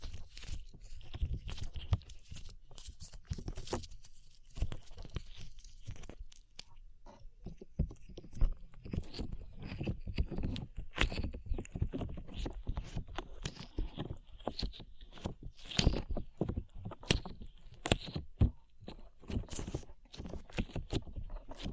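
Sticky slime being squished and pulled, with dense, irregular wet crackles and pops that come in quick bursts throughout. The squelches sit mostly low, with sharp bright clicks cutting through now and then, and the activity stays steady without pauses.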